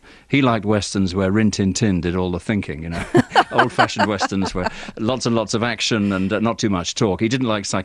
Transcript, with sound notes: He liked Westerns where Rin Tin Tin did all the thinking, you know?
(Laughter).
Old-fashioned Westerns where - lots and lots of action and not too much talk.